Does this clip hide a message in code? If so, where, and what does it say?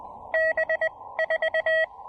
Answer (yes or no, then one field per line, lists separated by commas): yes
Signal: Morse code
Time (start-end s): 0.3-1.8 s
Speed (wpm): 21 wpm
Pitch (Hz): 590 Hz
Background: none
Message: B 4